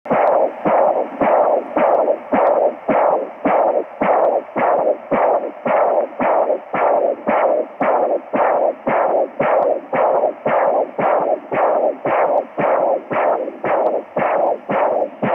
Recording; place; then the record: Doppler ultrasound of blood flow; carotid artery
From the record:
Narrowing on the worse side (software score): occlusion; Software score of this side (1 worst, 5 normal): 1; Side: right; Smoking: former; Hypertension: yes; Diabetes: type 2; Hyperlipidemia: yes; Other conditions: kidney disease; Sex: male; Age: 27 years